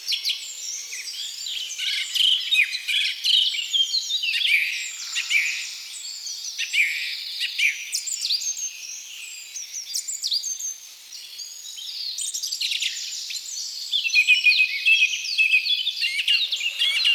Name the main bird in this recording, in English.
Song Thrush